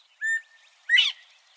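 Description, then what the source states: Northern Bobwhite call, a short whistle followed by a loud rising whistle, with faint twittering in the background. Call said to be unmistakable and the source of the bird's name; recorded in Texas.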